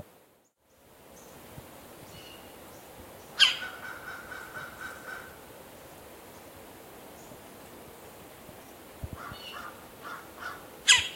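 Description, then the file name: Red-bellied woodpecker giving two loud, harsh calls several seconds apart, with a few fainter notes just before the second. "Melanerpes carolinus - Red-bellied Woodpecker"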